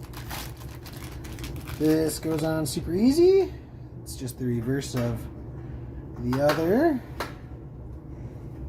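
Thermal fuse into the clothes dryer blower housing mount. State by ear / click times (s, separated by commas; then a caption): seated / 7.2 s. A replacement thermal fuse is fitted onto the blower/exhaust housing mount of a Kenmore 700 electric clothes dryer while someone talks, with light handling rustles. A single sharp snap at 7.2 seconds is the fuse popping into place, and it seats.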